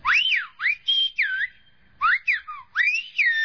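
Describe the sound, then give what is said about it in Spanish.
A loud, piercing human whistle in Silbo Gomero, the whistled language of La Gomera in the Canary Islands: gliding high tones in quick, speech-like phrases that rise and fall in short bursts with brief pauses, in two groups, with no talking underneath. “por lo pronto escuchemos a qué se denomina el silbo gomero, que se practica en la isla Gomera y las Islas Canarias.”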